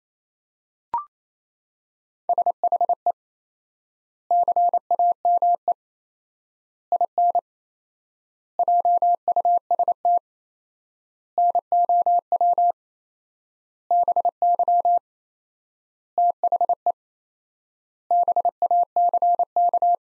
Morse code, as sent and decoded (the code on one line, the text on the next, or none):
... .... . / -.-. .- -- . / .. -. / .--- ..- ... - / -. --- .-- / -... -.-- / - .... . / -... .- -.-. -.-
SHE CAME IN JUST NOW BY THE BACK